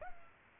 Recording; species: mosquito wingbeat signal from an infrared sensor; Culex pipiens